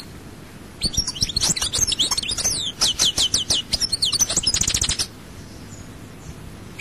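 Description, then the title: European goldfinch song: a rapid, tinkling run of high twittering notes and liquid trills lasting about four seconds, then quiet. "Chant Chardonneret"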